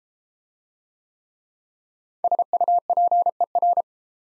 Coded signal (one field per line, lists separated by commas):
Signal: Morse code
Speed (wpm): 32 wpm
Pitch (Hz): 700 Hz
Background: none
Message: SUPER